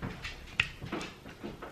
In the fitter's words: it once it once it snapped it's good to go